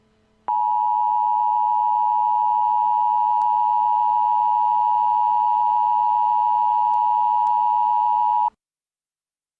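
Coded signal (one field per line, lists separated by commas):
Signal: Emergency Alert System (SAME) tones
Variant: 853 and 960 Hz attention tone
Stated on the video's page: Simulated EAS scenario.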